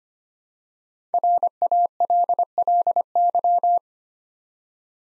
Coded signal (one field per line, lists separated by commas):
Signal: Morse code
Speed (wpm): 25 wpm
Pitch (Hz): 700 Hz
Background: none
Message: RALLY